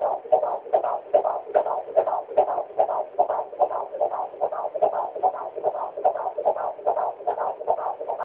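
Rapid, regular whooshing pulses at about 146 a minute, like a Doppler fetal heart monitor. It is a normal baby heartbeat within the usual fetal range, used as a ringtone.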